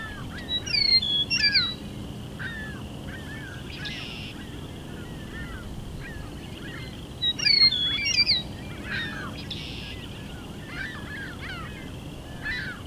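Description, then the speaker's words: Eastern meadowlark song: a quick phrase of slurred, falling whistles, given twice, over a constant high-pitched drone. Lone male singing for several minutes from a tree near the recordist, evening around dusk; recorder pointed at the bird. "A lone male meadowlark landed in a tree nearby me, so I set up a recorder, pointing it at the bird as he sang for several minutes."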